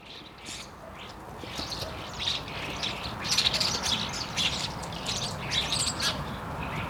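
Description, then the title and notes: Starlings give a dense, overlapping chatter of high chirps, whistles and squeaks, growing louder partway through. Starlings on Rue Henri Jomain, Niévroz, France; Sony PCM-D100 internal microphones, wide position. "Niévroz, France, Rue Henri Jomain - starlings and a fly. étourneaux et une mouche"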